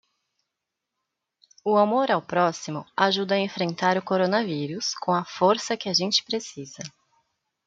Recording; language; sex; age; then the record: spoken sentence; Brazilian Portuguese; female; 20 to 29 years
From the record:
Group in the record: control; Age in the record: 28 years